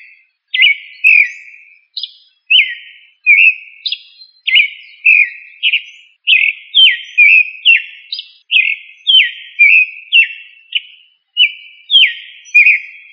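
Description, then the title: Thrush song: clear whistled notes, each sliding down, in a quick series of short phrases with occasional higher, sharper notes. "Familia Turdidae - Sabia"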